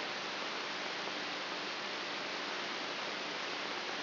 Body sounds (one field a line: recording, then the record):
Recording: brain microelectrode recording played as sound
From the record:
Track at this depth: inside the subthalamic nucleus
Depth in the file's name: 4.44 mm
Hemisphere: right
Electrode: 3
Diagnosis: Parkinson's disease